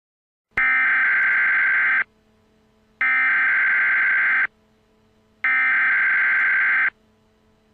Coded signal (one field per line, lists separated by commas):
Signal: Emergency Alert System (SAME) tones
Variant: header bursts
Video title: Emergency Alert System: Unidentified Disease